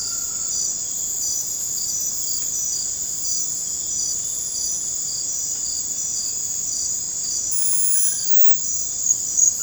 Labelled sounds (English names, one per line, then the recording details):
none
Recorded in dense forest near Puerto Asís, Putumayo, Colombia, on 21 December 2024 at 23:30
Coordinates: 0.481, -76.323
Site G100